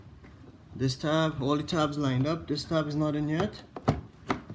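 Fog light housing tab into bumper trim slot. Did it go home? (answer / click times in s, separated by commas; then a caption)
yes / 3.9 s, 4.3 s. Someone talks while working a plastic tab on a 2016 Toyota RAV4 fog light assembly, from a fog light kit installation, that was not yet in into its slot in the bumper trim. Two sharp plastic clicks sound at 3.9 s and 4.3 s as the fog light housing tab seats in the bumper trim slot.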